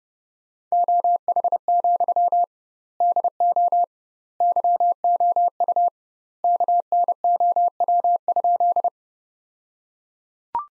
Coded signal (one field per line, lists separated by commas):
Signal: Morse code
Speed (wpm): 30 wpm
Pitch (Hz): 700 Hz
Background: none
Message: OH, DO YOU KNOW?